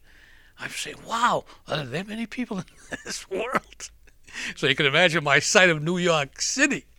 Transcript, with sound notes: I'm saying, wow, are there that many people in this world. (he laughs) So you can imagine my sight of New York City.